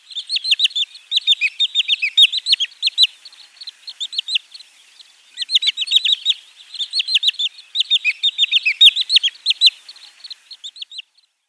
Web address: Schulze Peter Wood Sandpiper flightcalls